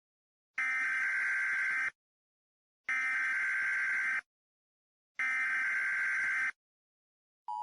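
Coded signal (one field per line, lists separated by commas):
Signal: Emergency Alert System (SAME) tones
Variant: header bursts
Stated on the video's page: Fictional EAS scenario, a simulated Christmas special about Nibiru.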